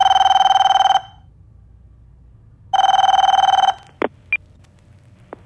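A telephone call to Georg Papritz's number rings twice, each burst a loud, rapidly trilling electronic bell lasting about a second, separated by a pause, then two short sharp clicks follow as the answering machine picks up.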